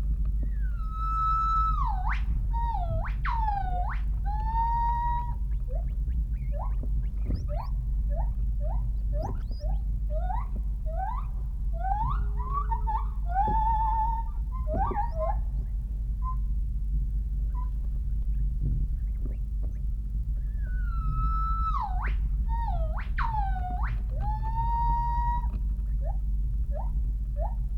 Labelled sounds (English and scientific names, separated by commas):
Northern White-cheeked Gibbon (Nomascus leucogenys)